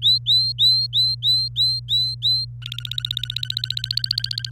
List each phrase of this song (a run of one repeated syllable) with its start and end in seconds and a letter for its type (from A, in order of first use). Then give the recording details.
0.02-2.45 A, 2.62-4.50 B. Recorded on 27 April 2018 at 08:22. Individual llb3